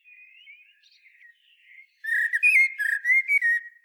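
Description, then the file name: Common blackbird song, opening with faint soft warbling, then a loud rapid sequence of fluty notes topped by squeaky high overtones. "Turdus merula"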